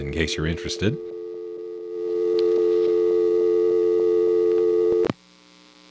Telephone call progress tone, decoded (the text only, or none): dial tone